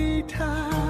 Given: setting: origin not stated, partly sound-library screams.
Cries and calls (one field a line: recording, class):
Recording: one-second piece from a danger detection set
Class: normal situation